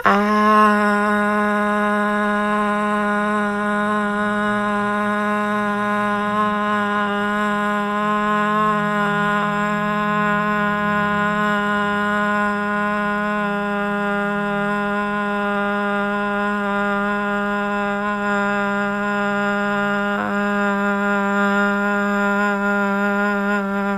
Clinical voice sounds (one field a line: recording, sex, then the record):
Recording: sustained vowel /a/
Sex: female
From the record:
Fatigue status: no fatigue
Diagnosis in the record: COVID-19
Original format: m4a